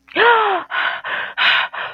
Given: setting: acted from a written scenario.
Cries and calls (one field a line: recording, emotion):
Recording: vocal sound without words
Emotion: fear